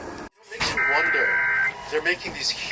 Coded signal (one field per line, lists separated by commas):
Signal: Emergency Alert System (SAME) tones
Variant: header bursts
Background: speech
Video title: EAS N/A - N/A | Kern & LA County RMTs w/@theM12 (12/31/24)